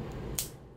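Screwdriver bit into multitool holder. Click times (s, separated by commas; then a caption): 0.4 s. A removable double-ended screwdriver bit, flat head on one end and Phillips on the other, is pushed into its holder on a multitool knife. A single sharp click at 0.4 s shows it locking into place on its detent, followed by a quiet tail.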